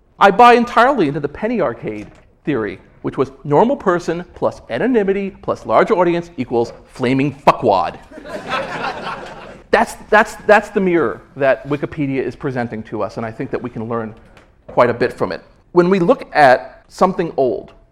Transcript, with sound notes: I’d buy entirely that the Penny Arcade theory, which was normal person, plus anonymity, plus large audience, equals flaming fuckwad. [laughter] That’s the mirror that Wikipedia is presenting to us, and I think that we can learn quite a bit from it. When we look at something old